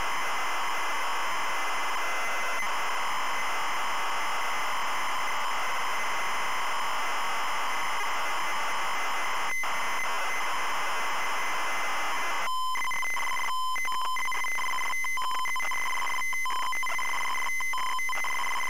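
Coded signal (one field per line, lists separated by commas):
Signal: ZX Spectrum tape loading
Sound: long steady hiss, then harsh buzzing tones switching rapidly between pitches with strong harmonics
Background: tape hiss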